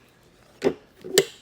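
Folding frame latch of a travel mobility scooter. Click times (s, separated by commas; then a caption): 1.2 s. After the rear lever is released, the folding frame of a Pride Mobility Go-Go travel mobility scooter folds flat, with a dull clunk around 0.6 s. It then latches with a sharp click at 1.2 s, and the frame latch is seated.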